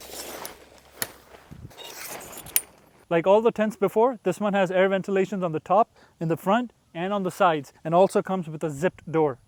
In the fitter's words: Once you have the center up, step number three, start extending the poles until you hear a click.